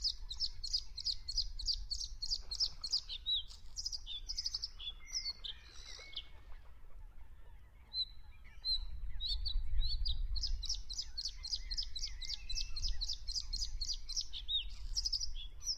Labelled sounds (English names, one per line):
Bluethroat song